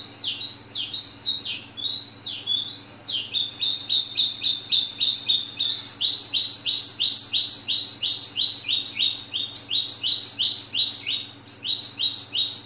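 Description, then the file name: Oriental skylark song, a long rapid series of high, sliding chirped notes repeated several times a second, with a constant low hum. Vietnam. "suara kicauan sonca branjangan vietnam. omkicau"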